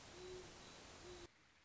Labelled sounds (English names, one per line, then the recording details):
Great Horned Owl
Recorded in Sonoma County, California